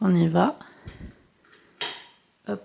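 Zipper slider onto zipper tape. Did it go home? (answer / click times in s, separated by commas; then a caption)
yes / 1.8 s. A zipper slider is flipped over and its part is pressed onto the zipper tape until it clips into place. Someone talks, then a sharp click sounds at 1.8 s, and someone talks again right after. The slider part is seated.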